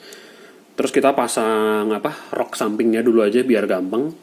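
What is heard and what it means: A plastic side skirt armor piece is being handled and fitted to the waist of a Bandai Gundam G-Frame RX-79[G] Ez-8 mecha action figure while someone talks throughout, after a quiet first 0.8 seconds. The part has not seated or clicked into place yet.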